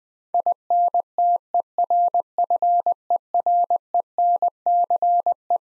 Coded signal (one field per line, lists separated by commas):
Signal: Morse code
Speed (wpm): 20 wpm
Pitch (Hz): 700 Hz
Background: none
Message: INTERFERENCE